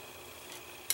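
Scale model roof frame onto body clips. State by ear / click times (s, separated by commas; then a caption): not seated / none. The plastic/metal main roof frame of a 1:8 scale Goldfinger Aston Martin DB5 model car is lined up by its larger screw holes and handled over the small clips on the body that it should snap onto. Quiet handling noise is heard, with a faint rustle near 0.5 s and a short, sharp tick near 0.9 s. Nothing has seated or clicked home yet.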